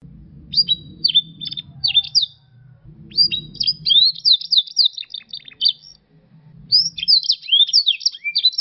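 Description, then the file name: Canary song in bursts of rapid chirps and warbled notes, with pauses between phrases, over a low rumbling background hum. A combination of Yorkshire and Russian canary songs. "Kombinasi Suara Kenari Yorkshire dan Rusia"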